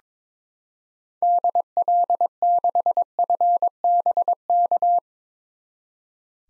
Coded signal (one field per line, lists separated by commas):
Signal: Morse code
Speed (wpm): 22 wpm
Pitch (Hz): 700 Hz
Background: none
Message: DL6FBK